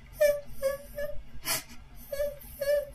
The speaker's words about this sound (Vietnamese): Thì lúc đó tự nhiên dì đang nghĩ tới đó, cái xong dì nghe tiếng khóc các bạn phát ra từ trong cái phòng số 3 đó. Lúc đầu á là nó thúc thích khúc khích khúc khích.